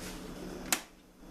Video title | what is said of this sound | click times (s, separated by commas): WWF SMACKDOWN REAL SOUND ARENA REVIEW WITH WORKING SOUND EFFECTS!! | pop right in there | 0.7 s